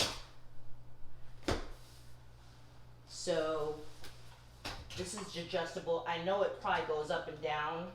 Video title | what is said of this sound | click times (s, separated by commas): Unboxing and Set Up -Stronglite Ergo Pro II Portable Massage Chair - Honest Review 2022 | and you can tell it just locks in place | 1.5 s